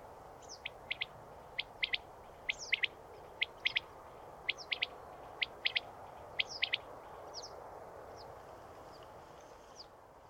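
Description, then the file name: Common quail with a rhythmic pit, pit-pit call repeated for about seven seconds, then falling silent among scattered high chirps from other birds. "furj hangja"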